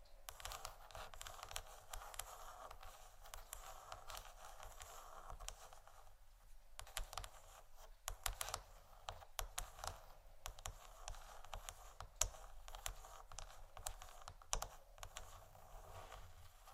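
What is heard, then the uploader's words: Scratching and tapping: a steady, dense, raspy scrape runs throughout, bright and hissy with a low rumble underneath. From about six seconds on, quick irregular taps and clicks cut through, with sharper knocks near 7, 8, 12 and 14.5 seconds. ASMR Scratching & Tapping For Sleep（No Talking）.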